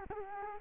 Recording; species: mosquito wingbeat signal from an infrared sensor; Culex quinquefasciatus